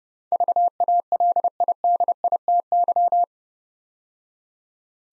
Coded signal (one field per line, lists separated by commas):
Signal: Morse code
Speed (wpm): 30 wpm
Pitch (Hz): 700 Hz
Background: none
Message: VALIDITY